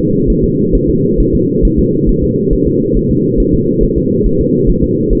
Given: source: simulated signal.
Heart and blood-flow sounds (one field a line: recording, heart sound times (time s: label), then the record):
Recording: fetal heart sounds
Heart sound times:
0.30 s: S1
0.44 s: S2
0.75 s: S1
0.90 s: S2
1.20 s: S1
1.35 s: S2
1.65 s: S1
1.79 s: S2
2.09 s: S1
2.23 s: S2
2.53 s: S1
2.67 s: S2
2.97 s: S1
3.11 s: S2
3.40 s: S1
3.54 s: S2
3.83 s: S1
3.98 s: S2
4.27 s: S1
4.41 s: S2
4.70 s: S1
4.84 s: S2
5.13 s: S1
From the record:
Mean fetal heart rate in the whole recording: 135 bpm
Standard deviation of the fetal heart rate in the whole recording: 3 bpm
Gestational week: 36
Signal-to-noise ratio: -11.2 dB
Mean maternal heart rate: 72 bpm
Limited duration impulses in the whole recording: present